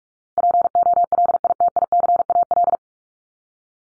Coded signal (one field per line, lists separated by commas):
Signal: Morse code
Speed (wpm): 44 wpm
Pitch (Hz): 700 Hz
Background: none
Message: POLITICAL